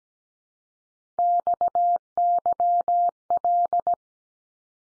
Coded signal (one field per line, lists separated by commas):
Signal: Morse code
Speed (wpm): 17 wpm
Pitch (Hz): 700 Hz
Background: none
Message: XYL